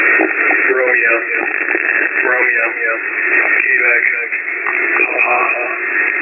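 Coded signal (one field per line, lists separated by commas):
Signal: coded military voice message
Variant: HFGCS Emergency Action Message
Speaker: And they only transmit these super long nuclear codes over 200 characters when something big is about to go down. All right. >> Romeo Romeo Sier Romeo Romeo back 227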